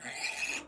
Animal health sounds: pig call; piglet (1 to 25 days)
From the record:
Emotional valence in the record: negative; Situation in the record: castration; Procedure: castration, shear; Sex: male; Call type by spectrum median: high-frequency call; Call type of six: high-frequency stable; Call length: 0.67 s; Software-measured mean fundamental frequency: 294 Hz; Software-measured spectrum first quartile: 2256 Hz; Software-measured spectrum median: 3146 Hz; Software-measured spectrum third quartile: 6238 Hz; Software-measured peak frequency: 2588 Hz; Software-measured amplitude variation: 145 dB a second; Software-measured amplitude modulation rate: 15.6 a second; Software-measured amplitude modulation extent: 9.3 dB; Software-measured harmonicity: 2.4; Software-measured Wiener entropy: -2.05

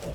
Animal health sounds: pig call; piglet (1 to 25 days)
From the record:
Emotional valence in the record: positive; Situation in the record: after nursing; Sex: male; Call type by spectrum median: low-frequency call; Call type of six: low-frequency stable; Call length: 0.15 s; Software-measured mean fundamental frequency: 56 Hz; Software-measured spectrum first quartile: 145 Hz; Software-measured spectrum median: 473 Hz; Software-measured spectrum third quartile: 1046 Hz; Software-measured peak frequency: 147 Hz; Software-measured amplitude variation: 56 dB a second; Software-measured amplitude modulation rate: 13.1 a second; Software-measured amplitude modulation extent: 4.3 dB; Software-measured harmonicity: 0.6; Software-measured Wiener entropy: -0.81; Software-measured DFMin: 1062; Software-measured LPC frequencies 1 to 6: 556, 2718, 4382, 5320, 5819, 6667 Hz

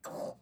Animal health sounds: pig call; piglet (1 to 25 days)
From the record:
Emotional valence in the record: negative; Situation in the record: restrain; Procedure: back test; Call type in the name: low-frequency call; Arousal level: maximum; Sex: female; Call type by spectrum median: low-frequency call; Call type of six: low-frequency stable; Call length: 0.42 s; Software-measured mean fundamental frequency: 51 Hz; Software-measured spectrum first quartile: 532 Hz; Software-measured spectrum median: 763 Hz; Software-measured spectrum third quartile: 2636 Hz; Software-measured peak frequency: 579 Hz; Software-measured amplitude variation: 171 dB a second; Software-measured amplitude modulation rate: 20.4 a second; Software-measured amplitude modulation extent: 8.4 dB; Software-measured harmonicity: 3.4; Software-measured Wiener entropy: -2.92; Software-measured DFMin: 1394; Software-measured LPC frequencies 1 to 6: 595, 1207, 3526, 4827, 6004, 7576 Hz

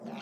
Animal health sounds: pig call; piglet (1 to 25 days)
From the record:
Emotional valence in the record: negative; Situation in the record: long isolation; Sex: female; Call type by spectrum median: low-frequency call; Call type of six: mixed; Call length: 0.22 s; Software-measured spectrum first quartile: 241 Hz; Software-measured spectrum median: 513 Hz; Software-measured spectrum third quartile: 1178 Hz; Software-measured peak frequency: 217 Hz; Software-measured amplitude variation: 132 dB a second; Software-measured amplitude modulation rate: 18.3 a second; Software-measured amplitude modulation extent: 7.2 dB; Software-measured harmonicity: 2.8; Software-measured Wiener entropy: -0.82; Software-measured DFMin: 750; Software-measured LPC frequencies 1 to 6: 648, 2499, 3207, 4441, 5618, 6503 Hz

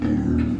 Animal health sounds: pig call; growing-finishing pig (85 days or more)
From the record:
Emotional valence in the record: negative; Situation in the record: barren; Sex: female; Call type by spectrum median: low-frequency call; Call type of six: low-frequency modulated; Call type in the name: low-frequency modulated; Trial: 1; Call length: 0.60 s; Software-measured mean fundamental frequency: 59 Hz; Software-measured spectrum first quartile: 142 Hz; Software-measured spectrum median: 231 Hz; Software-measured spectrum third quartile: 309 Hz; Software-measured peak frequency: 260 Hz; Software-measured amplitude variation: 174 dB a second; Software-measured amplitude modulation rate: 29.2 a second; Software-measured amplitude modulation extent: 6.0 dB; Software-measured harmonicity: 1.0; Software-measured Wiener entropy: -1.06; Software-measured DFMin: 648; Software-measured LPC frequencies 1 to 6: 275, 1119, 1680, 2408, 3906, 4760 Hz

